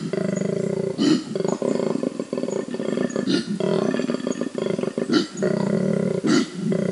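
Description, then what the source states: Koala bellowing: deep pulsed grunting stretches broken by several sharp, noisy inhaled snorts, forming a rough, snoring roar. Loud low-frequency call of grunts and snorts; the snort is the inhalation; produced with a special larynx that lets the animal reverberate; can sound like a lion roaring.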